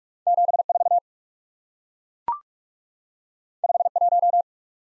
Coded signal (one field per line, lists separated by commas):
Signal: Morse code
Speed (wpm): 44 wpm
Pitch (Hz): 700 Hz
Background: none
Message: 74 51